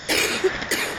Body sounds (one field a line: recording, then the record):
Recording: coughing mixed with background sound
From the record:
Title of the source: 60 coughing still (deep and wet cough)